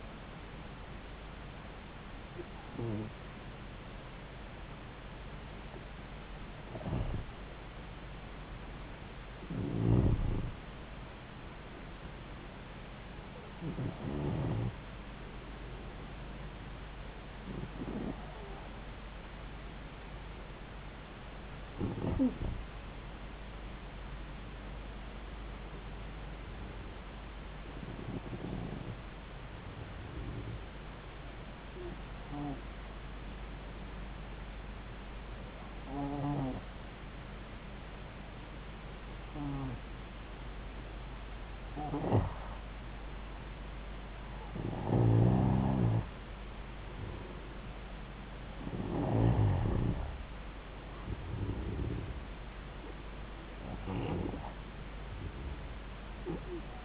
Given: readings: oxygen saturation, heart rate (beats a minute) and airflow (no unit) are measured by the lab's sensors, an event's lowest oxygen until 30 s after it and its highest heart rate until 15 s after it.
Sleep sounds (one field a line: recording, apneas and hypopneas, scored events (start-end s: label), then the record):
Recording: breathing in sleep by a voice recorder at the bedside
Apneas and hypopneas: 1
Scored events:
10.00-56.85 s: new sleep stage, N2 (light sleep)
33.00-47.50 s: hypopnea (N2, oxygen 94% highest, then 91% lowest)
From the record:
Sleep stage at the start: N1 (lightest sleep)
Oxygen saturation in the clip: 91 to 94%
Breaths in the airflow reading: 14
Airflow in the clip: -3.6 to 5.0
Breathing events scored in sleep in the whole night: 270 in 6.1 hours asleep